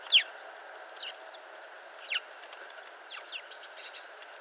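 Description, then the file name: House sparrow chirps, a loud opening chirp followed by quieter scattered notes, over a faint steady hum. "Passer domesticus"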